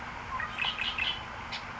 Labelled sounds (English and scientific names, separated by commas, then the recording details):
Red-winged Blackbird (Agelaius phoeniceus)
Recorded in Sonoma County, California